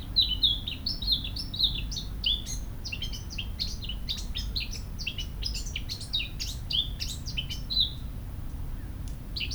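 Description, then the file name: Eurasian blackcap delivering a long, varied warble of clear whistles mixed with scratchy clicks, sustained for about eight seconds, with constant low rumble beneath. "Sylvia atricapilla"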